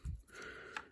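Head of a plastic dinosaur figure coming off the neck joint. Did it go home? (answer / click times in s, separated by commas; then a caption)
released / 0.8 s. The head of a plastic Jurassic Park Amber Collection dilophosaurus figure is pulled off its neck joint so the frill accessory can be removed. A low handling rumble comes first, followed by a short, bright pop at 0.8 s as the head comes free.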